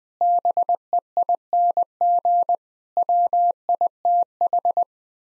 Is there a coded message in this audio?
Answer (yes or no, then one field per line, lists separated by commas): yes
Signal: Morse code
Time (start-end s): 0.2-4.8 s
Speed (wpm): 20 wpm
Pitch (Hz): 700 Hz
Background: none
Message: BEING WITH